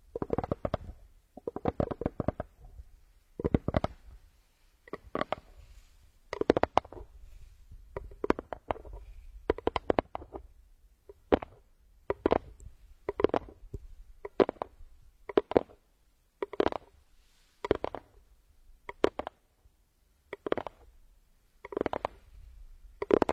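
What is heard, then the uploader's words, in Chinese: Crisp tapping sounds arrive in short, dense clusters about once a second, dry, with brief silent gaps. 酥爽敲击音。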